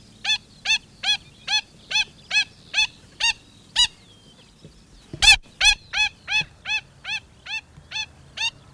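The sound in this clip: Black stilt giving repeated yelping notes, evenly spaced at roughly two and a half per second, broken by one loud harsh note before the series resumes.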